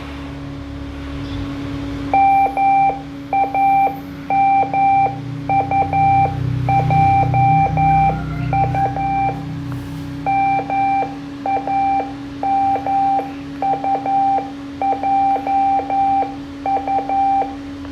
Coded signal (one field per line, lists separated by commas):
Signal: Morse code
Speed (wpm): 11 wpm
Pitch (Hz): 790 Hz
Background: none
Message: MAMUJU MAMUJU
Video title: Beacon ARDF, Antenna ARDF, Fox Hunting